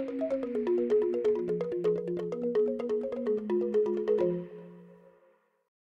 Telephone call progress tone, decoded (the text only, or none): congestion tone